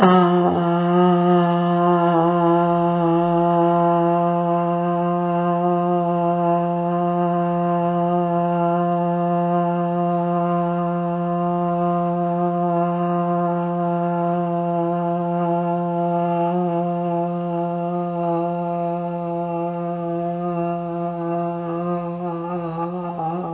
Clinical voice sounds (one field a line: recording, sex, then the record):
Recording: sustained vowel /a/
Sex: female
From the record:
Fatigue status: fatigue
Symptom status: symptomatic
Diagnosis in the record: COVID-19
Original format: 3gp